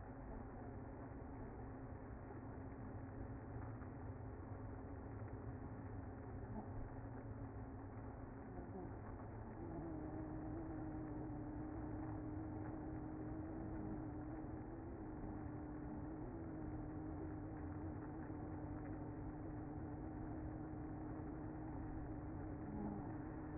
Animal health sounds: honeybee colony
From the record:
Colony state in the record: active

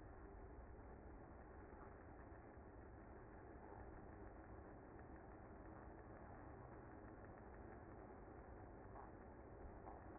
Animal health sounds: honeybee colony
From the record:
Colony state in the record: active

